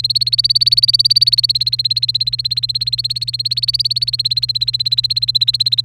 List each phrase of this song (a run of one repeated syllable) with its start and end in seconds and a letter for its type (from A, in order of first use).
0.00-5.85 A